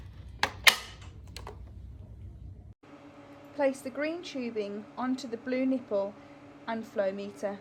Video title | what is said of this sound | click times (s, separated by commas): Airvo Guide Sept 2025 | Push the humidification chamber in until it clicks. You should hear the following sound. | 0.4 s